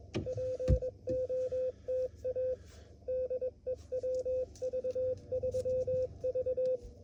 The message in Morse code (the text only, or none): POTA DE WV3V